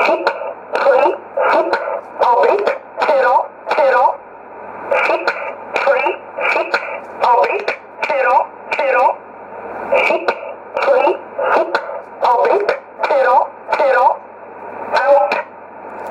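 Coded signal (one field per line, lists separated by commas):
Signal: numbers station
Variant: E11, English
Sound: a voice reading short single words, evenly spaced, about 20 in 16 seconds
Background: radio hiss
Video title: 14 09 2018 E11 Oblique Numbers station in English to Eu 0717 on 9963 unknown tx site in USB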